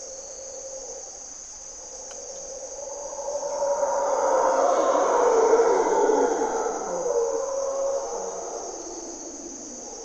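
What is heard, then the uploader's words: Mantled howler monkeys roar in a long, deep swell that builds from about three seconds, peaks around the middle and fades by eight seconds. A steady high insect whine and a constant lower drone run underneath throughout. Mantled Howler Monkeys in Corcovado morning twilight. Monos Congos, or Mantled Howler Monkeys, waking the jungle in Costa Rica's Parque Nacional Corcovado. With their distinctive grunt and and calls, they are a defining aspect of the Osa Peninsula's Dawn and Dusk.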